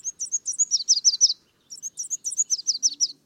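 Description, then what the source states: Red warbler song: two bursts of many rapid, very high notes separated by a brief pause. Song on a clear morning, sung on sunny mornings in breeding season (February–May); tiny bird endemic to the highlands of Mexico, in humid pine, oak and fir forests.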